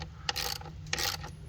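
An evap purge valve on an Explorer is pressed onto its plastic mounting bracket in the engine bay, one side first and then the other. Two sharp clicks land at 0.3 s and 0.9 s, one per side, each followed by a brief rustling scrape against a low steady hum. The valve ends up seated and secure on its mount.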